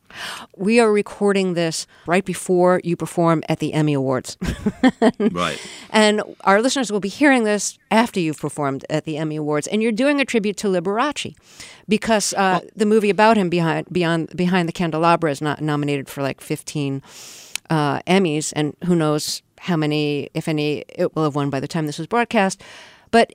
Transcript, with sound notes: We are recording this right before you perform at the Emmy Awards (laughter).
Right.
And our listeners will be hearing this after you've performed at the Emmy Awards. And you're doing a tribute to Liberace because the movie about him, Behind The Candelabra, is nominated for, like, 15 Emmys, and who knows how many, if any, it will have won by the time this was broadcast.